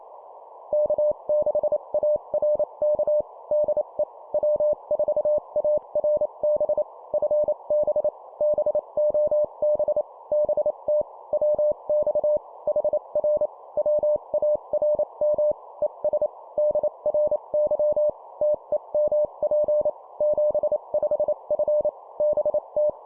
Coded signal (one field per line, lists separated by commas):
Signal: Morse code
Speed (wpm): 28 wpm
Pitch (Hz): 600 Hz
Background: none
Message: K6ARK DE W4ARB FB BOB BT WX HR WARM ES DRY TEMP 75F BT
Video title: 25wpm CQ QSO Call Short Example, CW morse code